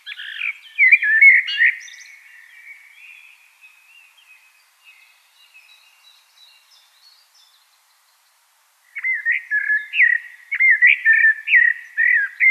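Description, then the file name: Common blackbird singing a rich warbled phrase that trails off into faint notes, then a pause before another fluted phrase. "Turdus merula"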